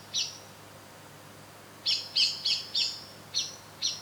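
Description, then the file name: Common blackbird call notes, a single sharp chink followed by a quick run of four, then two more, hard and high. "Turdus merula"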